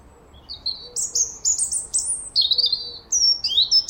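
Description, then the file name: European robin song: a run of thin, high whistled notes and trills shifting up and down in pitch, varied phrases with brief pauses. "Erithacus rubecula"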